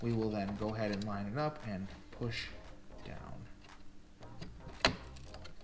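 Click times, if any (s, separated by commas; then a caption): 4.9 s. A graphics card is lined up with the top PCIe slot on the motherboard and pushed down, first with half pressure and then with full pressure, while someone talks. A sharp pop at 4.8 s marks the card seating in the slot, followed by a few faint ticks.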